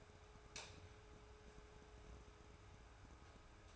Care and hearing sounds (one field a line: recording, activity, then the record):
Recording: daily activity, microphone in the room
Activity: light off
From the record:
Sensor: 2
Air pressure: 1010.0 hPa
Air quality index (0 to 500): 161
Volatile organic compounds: 7 ppm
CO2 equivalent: 2018 ppm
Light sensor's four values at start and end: 44/111/49/54 and 40/96/43/48